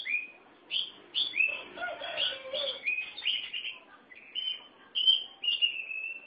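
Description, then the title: Oriental magpie-robin singing a varied run of whistled, slurred phrases, some falling, others warbled and scratchy, given in quick succession with brief gaps. "Suara Kicauan Burung Kacer Durasi Panjang"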